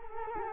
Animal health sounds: mosquito wingbeat signal from an infrared sensor; Culex quinquefasciatus

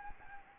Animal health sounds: mosquito wingbeat signal from an infrared sensor; Anopheles gambiae

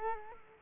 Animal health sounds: mosquito wingbeat signal from an infrared sensor; Culex quinquefasciatus

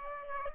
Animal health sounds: mosquito wingbeat signal from an infrared sensor; Aedes aegypti

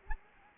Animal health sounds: mosquito wingbeat signal from an infrared sensor; Anopheles arabiensis

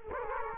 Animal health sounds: mosquito wingbeat signal from an infrared sensor; Culex quinquefasciatus

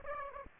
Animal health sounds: mosquito wingbeat signal from an infrared sensor; Aedes aegypti

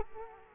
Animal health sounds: mosquito wingbeat signal from an infrared sensor; Culex quinquefasciatus

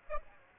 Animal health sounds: mosquito wingbeat signal from an infrared sensor; Aedes aegypti

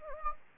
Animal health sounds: mosquito wingbeat signal from an infrared sensor; Anopheles gambiae

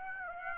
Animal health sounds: mosquito wingbeat signal from an infrared sensor; Aedes aegypti

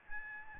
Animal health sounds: mosquito wingbeat signal from an infrared sensor; Aedes albopictus

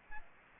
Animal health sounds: mosquito wingbeat signal from an infrared sensor; Aedes aegypti

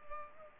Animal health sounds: mosquito wingbeat signal from an infrared sensor; Culex pipiens

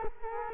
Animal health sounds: mosquito wingbeat signal from an infrared sensor; Culex quinquefasciatus

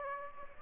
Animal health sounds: mosquito wingbeat signal from an infrared sensor; Aedes aegypti

